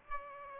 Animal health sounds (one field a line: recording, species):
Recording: mosquito wingbeat signal from an infrared sensor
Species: Aedes aegypti